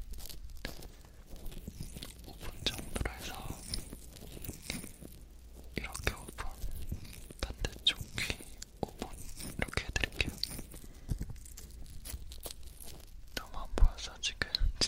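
Lotion being worked over an ear in a massage, giving a dense run of wet squelching, crackling and rubbing sounds. Sharp clicks and pops come irregularly throughout, with a few louder bursts near 3, 6 and 14 seconds. No voice stands out.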